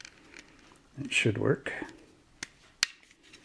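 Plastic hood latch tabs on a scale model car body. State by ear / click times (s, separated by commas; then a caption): released / 2.8 s. Someone talks while pinching the sides of the hood on a plastic scale model of a 1941 Willys Gasser from a Revell kit to unlatch its hood latch tabs. After a faint tick, a sharp snap at 2.8 s marks the hood latch releasing and the hood popping open.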